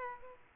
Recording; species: mosquito wingbeat signal from an infrared sensor; Culex pipiens